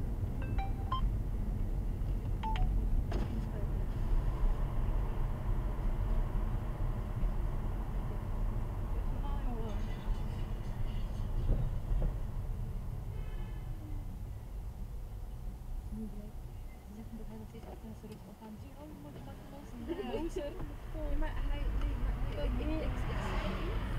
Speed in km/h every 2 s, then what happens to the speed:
29, 29, 29, 26, 23, 10, 6, 5, 2, 2, 3, 5.
4-16 slows to 2. 16-18 standing. 18-24 steady at about 3.